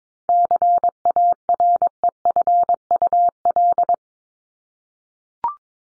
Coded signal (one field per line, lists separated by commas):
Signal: Morse code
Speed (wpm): 22 wpm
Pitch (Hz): 700 Hz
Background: none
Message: CAREFUL